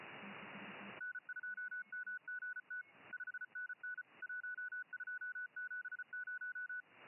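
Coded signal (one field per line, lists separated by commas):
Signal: Morse code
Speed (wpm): 32 wpm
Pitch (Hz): 1480 Hz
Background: none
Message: N2MGT 5NN 1270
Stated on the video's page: 20 metre band contest CW.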